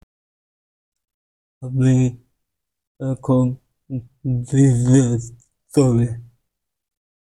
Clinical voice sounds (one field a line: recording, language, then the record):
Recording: elicited speech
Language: Bengali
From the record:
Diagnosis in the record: Broca's or global aphasia after a stroke